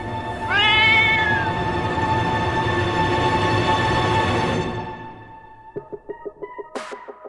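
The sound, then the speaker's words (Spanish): A large black female cat approaching step by step lets out a long, loud, drawn-out meow that rises in pitch and holds for several seconds before fading, followed by a short run of evenly spaced soft pulses. “A la distancia, alcanzás a ver una gran gata negra que se te acerca paso a paso.”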